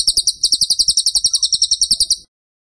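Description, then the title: Tembakan bird song: rapid, high, sharply repeated chirps in an even trill for about two seconds before ending suddenly. Masteran (training recording) of gacor, vigorous continuous singing. "Masteran Burung Tembakan Gacor"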